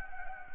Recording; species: mosquito wingbeat signal from an infrared sensor; Anopheles gambiae